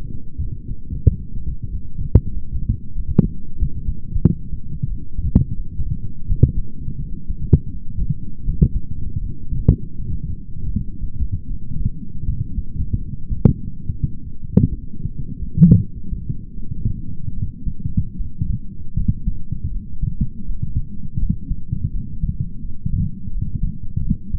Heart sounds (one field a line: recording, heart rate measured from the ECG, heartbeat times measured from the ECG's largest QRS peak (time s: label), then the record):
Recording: heart sounds by stethoscope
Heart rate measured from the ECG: 84 bpm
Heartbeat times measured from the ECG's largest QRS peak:
0.42 s: heartbeat
1.07 s: heartbeat
1.70 s: heartbeat
2.33 s: heartbeat
2.96 s: heartbeat
3.59 s: heartbeat
4.23 s: heartbeat
4.89 s: heartbeat
5.56 s: heartbeat
6.27 s: heartbeat
7.00 s: heartbeat
7.72 s: heartbeat
8.45 s: heartbeat
9.21 s: heartbeat
9.98 s: heartbeat
10.73 s: heartbeat
11.49 s: heartbeat
12.27 s: heartbeat
13.02 s: heartbeat
13.73 s: heartbeat
14.43 s: heartbeat
15.12 s: heartbeat
15.81 s: heartbeat
16.56 s: heartbeat
17.36 s: heartbeat
18.19 s: heartbeat
18.98 s: heartbeat
19.73 s: heartbeat
20.48 s: heartbeat
21.22 s: heartbeat
21.94 s: heartbeat
22.64 s: heartbeat
23.34 s: heartbeat
24.04 s: heartbeat
From the record:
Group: healthy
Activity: rest 0-4 s, light exercise 4-24 s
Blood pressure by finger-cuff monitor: 131/64 mmHg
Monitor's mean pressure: 83 mmHg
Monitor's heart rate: 83 bpm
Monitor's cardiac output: 8.2 L/min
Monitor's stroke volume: 99 mL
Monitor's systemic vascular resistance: 720 dyn s/cm5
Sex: male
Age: 22 years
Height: 181 cm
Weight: 79 kg